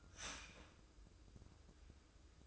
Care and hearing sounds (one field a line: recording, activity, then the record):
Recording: daily activity, microphone in the room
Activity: start toaster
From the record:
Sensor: 2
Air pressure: 995.1 hPa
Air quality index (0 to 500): 58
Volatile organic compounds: 1 ppm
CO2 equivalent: 955 ppm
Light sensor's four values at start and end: 17/54/21/20 and 17/54/21/20